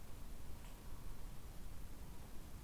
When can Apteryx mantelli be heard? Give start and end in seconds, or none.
none